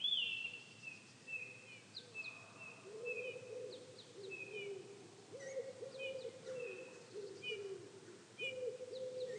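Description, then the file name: Eurasian bullfinch giving soft, flat piping whistles, repeated at uneven intervals, over faint background noise. "Pyrrhula pyrrhula"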